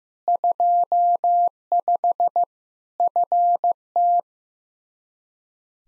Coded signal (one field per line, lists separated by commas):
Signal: Morse code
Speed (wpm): 16 wpm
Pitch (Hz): 700 Hz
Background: none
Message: 25 FT